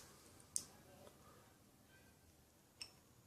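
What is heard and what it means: A bearing locking clip is pressed back into the side plate of an Abu Garcia Black Max baitcasting reel after a new Boca bearing is placed. One sharp, short click is heard at 0.6 s as the clip seats, with a faint tick just before and a quieter hit at 2.8 s. The clip goes back in easily and is seated.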